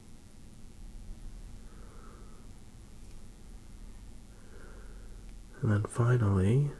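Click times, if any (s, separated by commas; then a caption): none. A keyboard stabilizer part is rotated 90 degrees and lined up on the plate, with only faint, quiet handling sounds before someone talks near the end. Nothing has seated or clicked yet; the stabilizer is still waiting for its final push into the plate.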